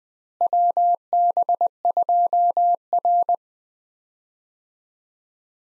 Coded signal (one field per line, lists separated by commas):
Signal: Morse code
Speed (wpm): 20 wpm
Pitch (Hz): 700 Hz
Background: none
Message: WB2R